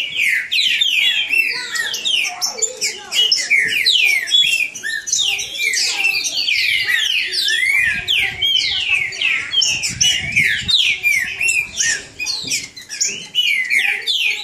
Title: Trinca Ferro NICÃO No Mato Disputando Com Solto